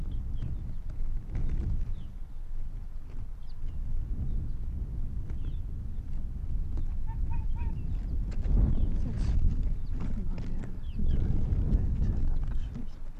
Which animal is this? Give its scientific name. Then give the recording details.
Vulpes lagopus. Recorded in the wild. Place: Insel Mednyi, Kommandeur-Inseln, RU. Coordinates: 54.5167, 168.083. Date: 1999-08-11. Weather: 10°C, hervorragende Sicht, Nordwind. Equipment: Sony WM-D6C, Sennheiser ME 80, K 30 AV, Windkorb, Kopie Tascam DA 30. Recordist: Jakupi, Antje